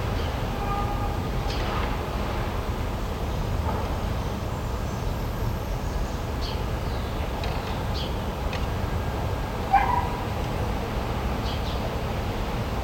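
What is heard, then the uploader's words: Outdoor recording of a steady low rumble like a passing train, with faint chirps and brief higher clicks scattered throughout, one sharper knock near ten seconds. Field Recordings. 12.00 PM.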